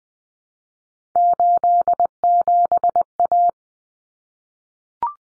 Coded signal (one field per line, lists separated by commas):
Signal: Morse code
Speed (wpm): 20 wpm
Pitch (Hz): 700 Hz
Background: none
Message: 87A